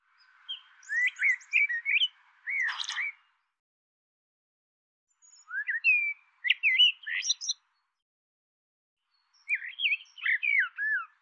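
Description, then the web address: Bird uttering three clusters of twisting, slurred notes, the first ending in a sharp harsh burst, with quiet pauses between clusters. "cianscape birddata Deverinetal 2025 File cleaned normalized Bird Tu Me Tu Me"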